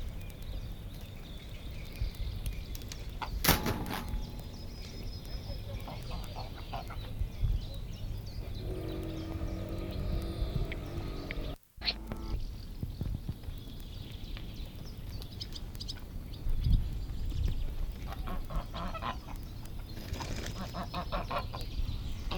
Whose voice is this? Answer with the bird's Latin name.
Anser anser